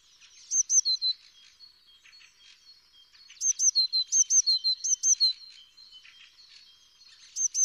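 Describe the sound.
Eurasian blue tit calls: bursts of high, sharp hooked notes that drop to lower notes, several quick notes per burst, with quieter twittering between the bursts.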